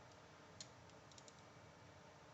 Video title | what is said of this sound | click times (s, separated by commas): MOSIN NAGANT BOLT DISASSEMBLY AND RE-ASSEMBLY!! EASY!! | snaps into place and this thing is ready to go | 0.6 s